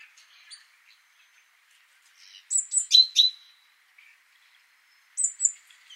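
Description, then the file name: Great tit calls, a cluster of high thin notes and buzzy chatter around three seconds, another short burst near the end, with soft twittering in between. "Parus major"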